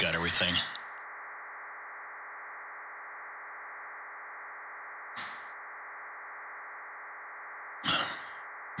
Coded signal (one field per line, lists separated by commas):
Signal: SSTV (slow-scan television)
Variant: Scottie 1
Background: speech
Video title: 6M Meteor Scatter- Lucky me didn't know about contest and just started spur of moment video